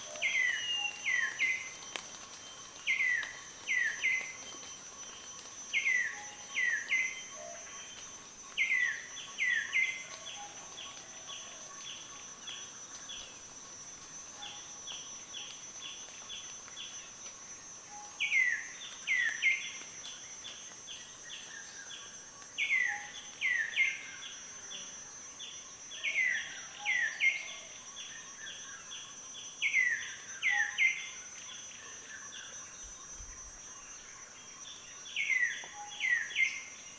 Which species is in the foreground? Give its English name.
African Emerald Cuckoo